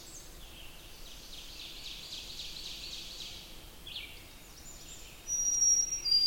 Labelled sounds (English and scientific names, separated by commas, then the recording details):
Ovenbird (Seiurus aurocapilla) song
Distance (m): 65 m
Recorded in boreal forest in Alberta, Canada, on 20 June 2016 at 06:14
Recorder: SongMeter 3, array SBT-6-81
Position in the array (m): 74 m, 101 m
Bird 23